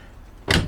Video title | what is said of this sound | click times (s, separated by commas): Undercover Armor Flex on a 2023 Toyota Tacoma review by Chris from C&H Auto Accessories 754-205-4575 | you hear it locking down | 0.5 s